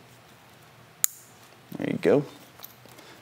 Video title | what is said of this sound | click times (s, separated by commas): 2008-2013 Street Glide Handlebar Install - Street Glide Motorcycle Handlebars | all right throttle plug hear it click there you | 1.0 s